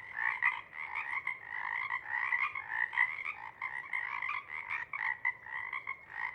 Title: Chorus Frogs, Chorus Waxes and Wanes, pre-morning-twilight